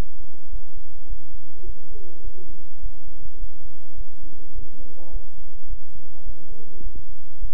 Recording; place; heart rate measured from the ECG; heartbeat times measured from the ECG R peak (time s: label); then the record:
heart sounds by stethoscope; between the tricuspid and mitral areas; 104 bpm
0.50 s: heartbeat
1.07 s: heartbeat
1.64 s: heartbeat
2.22 s: heartbeat
2.80 s: heartbeat
3.38 s: heartbeat
3.96 s: heartbeat
4.53 s: heartbeat
5.11 s: heartbeat
5.68 s: heartbeat
6.24 s: heartbeat
6.81 s: heartbeat
7.39 s: heartbeat
From the record:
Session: bicycle stress test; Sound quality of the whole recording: good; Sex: male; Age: 26 years